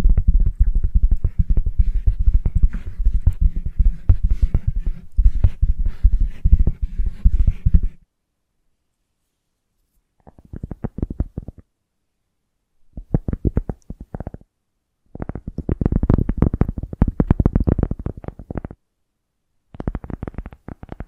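Invisible tapping and scratching: dense, low rapid taps for eight seconds, then silence, then shorter clustered bursts of quick scratchy tapping with pauses.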